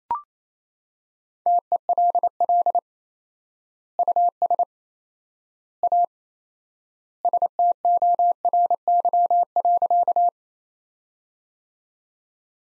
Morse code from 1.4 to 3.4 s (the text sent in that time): TELL